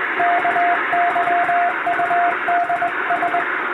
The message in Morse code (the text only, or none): KYUDS